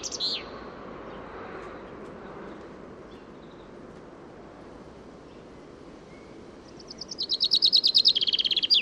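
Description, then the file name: Common chaffinch: the end of one song at the start, then after a long quiet gap a new song of rapid high notes building into a descending trill, running to the end. "Fringilla coelebs"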